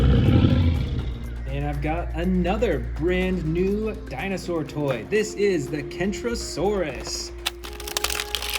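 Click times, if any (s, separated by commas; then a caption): 7.5 s, 8.0 s, 8.3 s. Plastic spike pieces are pressed onto the back of a plastic Kentrosaurus dinosaur toy figure and click into place at 7.5, 8.0 and 8.4 seconds, with sharp clicks at those moments. Before that, someone talks over background music. The spikes seat in the figure.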